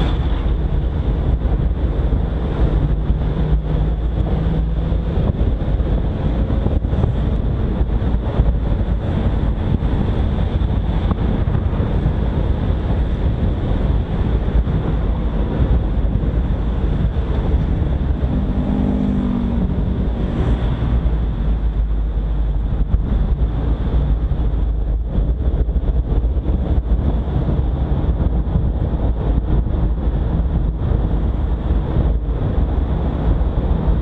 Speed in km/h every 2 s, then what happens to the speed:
46, 51, 55, 59, 54, 53, 48, 48, 42, 36, 31, 32, 34, 38, 39, 41, 39.
0-7 speeds up to 59. 7-20 slows to 31. 20-30 speeds up to 41.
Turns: none.